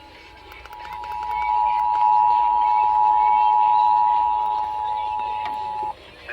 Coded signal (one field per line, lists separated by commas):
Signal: Emergency Alert System (SAME) tones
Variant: 853 and 960 Hz attention tone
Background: speech